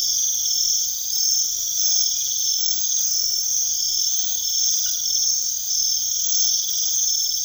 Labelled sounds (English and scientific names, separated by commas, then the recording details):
none
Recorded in secondary vegetation near Puerto Asís, Putumayo, Colombia, on 20 February 2024 at 03:00
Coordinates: 0.500, -76.326
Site G6428